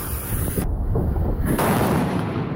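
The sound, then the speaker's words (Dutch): Cobra heavy firework explosions go off in a loud, dense barrage, booms and cracks overlapping without pause for the whole stretch, with no voices. “Ja, die cobra's, dat zijn deze.”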